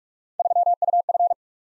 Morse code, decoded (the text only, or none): 3UF